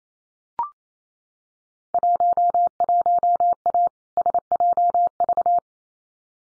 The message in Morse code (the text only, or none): 11A SJV